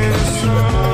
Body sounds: coughing mixed with background sound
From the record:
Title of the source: choking, hacking coughing

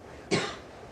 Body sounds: coughing mixed with background sound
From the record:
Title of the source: female coughing - coughing sound effects girl

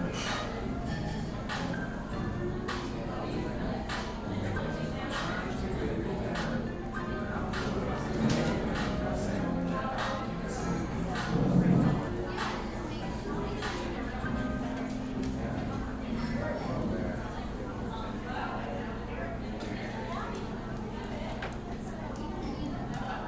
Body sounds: background sound without coughing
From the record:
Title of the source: 60 minutes of coffee shop sounds for study and concentration

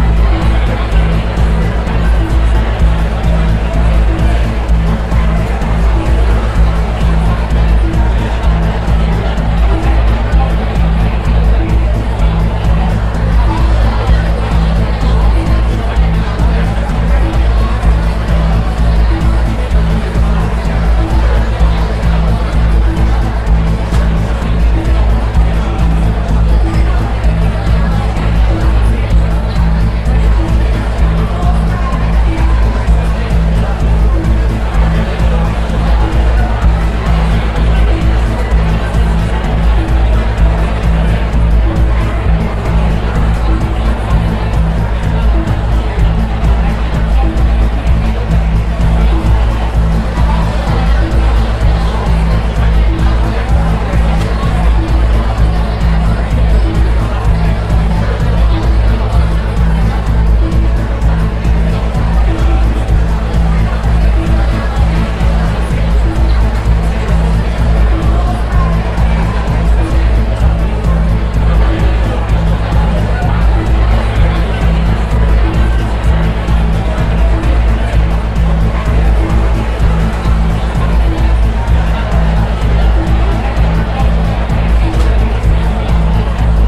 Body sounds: background sound without coughing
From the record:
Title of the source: Party Noise 1 Hour Party Ambience

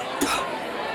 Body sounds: coughing mixed with background sound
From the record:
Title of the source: 64 coughing, allergies, singing lungs

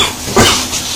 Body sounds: coughing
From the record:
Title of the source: Spring Cold Coughing 2

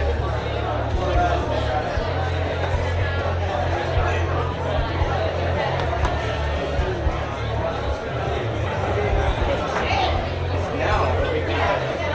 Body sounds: background sound without coughing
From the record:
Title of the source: CITY SOUNDS Busy Bar in the Evening Night - 2 HOURS of Ambiance for Relaxation

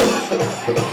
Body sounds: coughing mixed with background sound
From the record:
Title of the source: Cough Around the Clock!

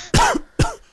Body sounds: coughing mixed with background sound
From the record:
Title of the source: Coughing 51

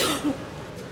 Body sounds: coughing mixed with background sound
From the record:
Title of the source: 34 coughing up crap again

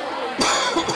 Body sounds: coughing mixed with background sound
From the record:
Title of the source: Dry Coughing Fit in the Afternoon.

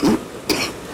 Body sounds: coughing mixed with background sound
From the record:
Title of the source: 31 night wet cough

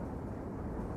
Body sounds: background sound without coughing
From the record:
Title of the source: Train Ride Ambience ambient white noise for sleeping, focus, studying, reading

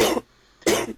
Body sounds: coughing mixed with background sound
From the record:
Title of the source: 61 morning phlegmy cough...again

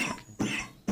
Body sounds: coughing mixed with background sound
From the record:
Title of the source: Spring Cold Coughing 3

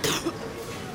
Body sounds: coughing mixed with background sound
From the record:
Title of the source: Wet coughing

